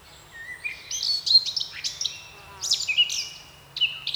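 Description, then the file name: Eurasian blackcap song: short bursts of scratchy, chattering notes and whistles with brief gaps between them; faint background hum. "Sylvia atricapilla"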